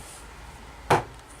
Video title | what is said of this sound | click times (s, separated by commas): Tamiya XV-01 Build Part 4 - Lancia Delta Integrale | go satisfying click mmm | 0.9 s